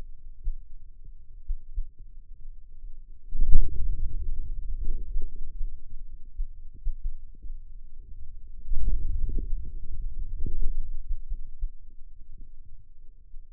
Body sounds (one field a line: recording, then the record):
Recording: forearm muscle sounds (acoustic myography)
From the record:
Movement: hand opening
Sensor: system 2, bracelet of six BSWA MPA416 microphones around the upper forearm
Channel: 6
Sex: male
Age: 22 years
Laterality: right